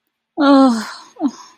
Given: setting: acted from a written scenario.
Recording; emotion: vocal sound without words; sadness